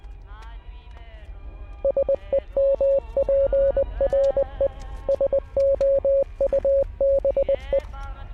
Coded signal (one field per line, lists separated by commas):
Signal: Morse code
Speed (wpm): 20 wpm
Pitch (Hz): 550 Hz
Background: speech, music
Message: SEMPRE SOUBE